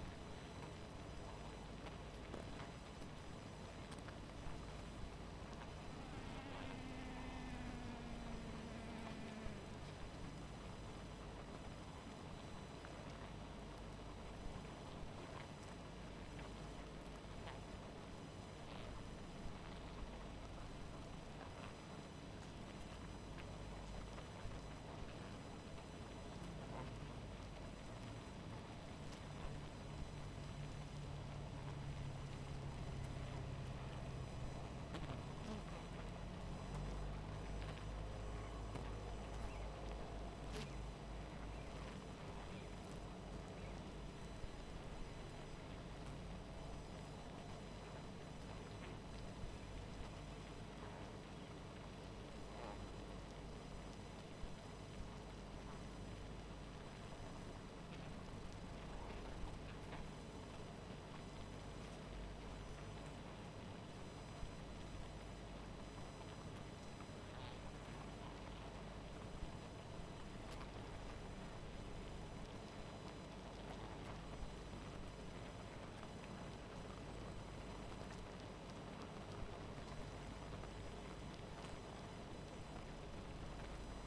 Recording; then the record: honeybee colony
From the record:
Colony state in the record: missing queen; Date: 14 July 2017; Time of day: 0:25